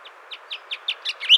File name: Pinzon Azul